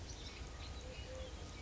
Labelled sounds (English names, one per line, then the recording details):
Eurasian Collared Dove
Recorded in Sonoma County, California